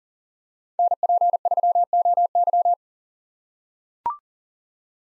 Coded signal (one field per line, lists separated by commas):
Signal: Morse code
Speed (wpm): 40 wpm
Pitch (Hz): 700 Hz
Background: none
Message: NP3OY